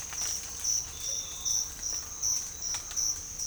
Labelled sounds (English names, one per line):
none